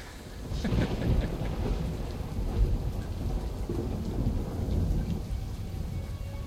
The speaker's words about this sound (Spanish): Como ven, hay una tormenta de fondo.